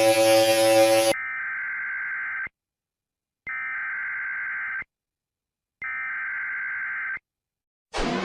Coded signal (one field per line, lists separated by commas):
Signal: Emergency Alert System (SAME) tones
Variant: header bursts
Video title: Eas alarms animated s1: all together!